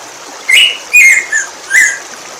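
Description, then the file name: Black-throated grosbeak calling with a quick series of four short whistled notes, each bright and slurred, spaced unevenly over about a second and a half. "bico de pimenta"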